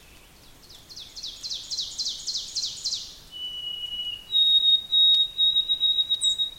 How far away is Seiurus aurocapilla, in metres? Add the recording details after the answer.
about 45 m. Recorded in boreal forest in Alberta, Canada, on 5 June 2016 at 06:06. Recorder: SongMeter 3, array SBT-3-51. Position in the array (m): 272 m, 118 m. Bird 28